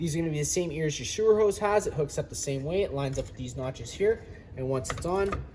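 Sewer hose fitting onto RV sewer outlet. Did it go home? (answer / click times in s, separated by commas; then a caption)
no / none. A sewer hose bayonet fitting is lined up by its ears with the notches on the main sewer outlet of a 2024 KZ RV Sportsmen 260 BHSE while someone talks throughout. The fitting is only handled here and has not yet been turned to lock, so nothing has seated or clicked yet.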